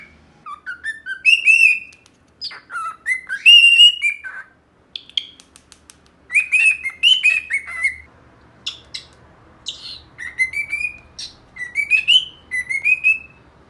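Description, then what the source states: Cockatiel song: clear whistled notes gliding up and down in phrases, a quiet stretch midway, then more rising whistles. Song for training a pet cockatiel.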